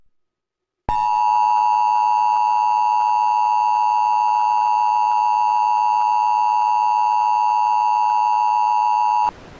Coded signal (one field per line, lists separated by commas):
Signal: Emergency Alert System (SAME) tones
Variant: 853 and 960 Hz attention tone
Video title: 2011 EAS Test Hijack || EAS Mini (Remake)